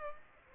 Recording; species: mosquito wingbeat signal from an infrared sensor; Aedes aegypti